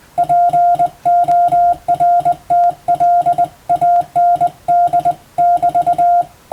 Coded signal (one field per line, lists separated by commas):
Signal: Morse code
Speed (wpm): 20 wpm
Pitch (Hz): 700 Hz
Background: music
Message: PORTLAND<BT>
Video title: 無線従事者国家試験総合無線通信士電気通信術のトレーニングにＣＷを打ってみました。アマチュア無線ハムの受信練習にもどうぞ(morse code practice for radio operator )